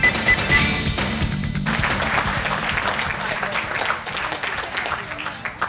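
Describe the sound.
A crowd breaks into sustained, encouraging applause, a dense steady patter of many hands clapping for several seconds, with some voices mingling underneath before it gradually thins. The applause greets the announcement confirming that the STS-134 flight is postponed by at least 48 hours.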